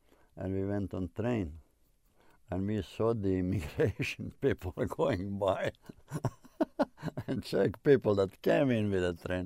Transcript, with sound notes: and we went on train, and we saw the immigration people (he laughs) are going by and check people that came in with the train.